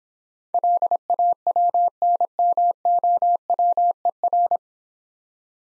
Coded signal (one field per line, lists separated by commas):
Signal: Morse code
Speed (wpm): 26 wpm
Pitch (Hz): 700 Hz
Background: none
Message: LAWNMOWER